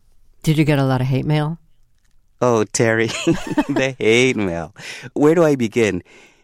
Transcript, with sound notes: Did you get a lot of hate mail?
Oh, Terry.
(LAUGHTER)
The hate mail. Where do I begin?